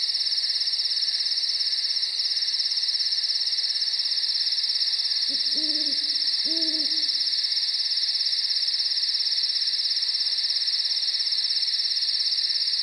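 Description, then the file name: Owl hooting, two short wavering hoots about a second apart, set against a constant high-pitched cricket chorus. Night nature recording with crickets. "priroda noch sverchki sova sobaki"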